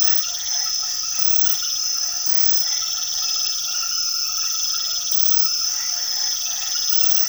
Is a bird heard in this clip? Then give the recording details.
no. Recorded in secondary vegetation near Puerto Asís, Putumayo, Colombia, on 18 February 2024 at 21:30. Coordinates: 0.500, -76.326. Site G6428